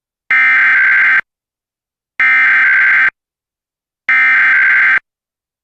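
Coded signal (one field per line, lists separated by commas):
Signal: Emergency Alert System (SAME) tones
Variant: header bursts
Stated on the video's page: Severe weather alert audio relayed from a monitored EAS relay network during a live stream.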